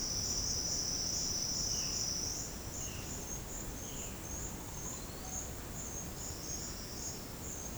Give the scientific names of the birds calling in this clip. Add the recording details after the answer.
Cyanocorax violaceus. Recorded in secondary vegetation near Puerto Asís, Putumayo, Colombia, on 20 February 2024 at 09:00. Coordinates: 0.472, -76.331. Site G6371